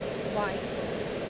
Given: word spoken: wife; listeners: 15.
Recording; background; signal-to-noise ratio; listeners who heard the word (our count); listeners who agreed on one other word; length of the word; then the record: one English word in noise, from a listening test; speech-shaped noise; -4.4 dB; 2 of 15; 10 of 15; 0.89 s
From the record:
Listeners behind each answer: 10, 2, 2, 1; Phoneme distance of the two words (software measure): 10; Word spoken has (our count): 1 syllable, 3 phonemes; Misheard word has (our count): 1 syllable, 3 phonemes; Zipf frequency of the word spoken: 5.15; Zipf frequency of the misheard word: 5.25